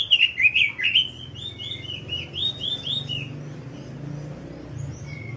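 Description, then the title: Bird song: a fast run of chirped notes, loud at first, then softer, with a lone thin whistle near the end. Bird song tutoring material. "Burung Masteran"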